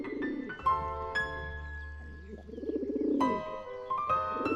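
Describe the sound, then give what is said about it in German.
Pigeons coo at daybreak in spring, in low, throaty, warbling phrases that rise and fall in repeated bursts, with steady ringing tones sustained underneath and no one speaking. “Es waren die Tauben, die zu gurren begannen.”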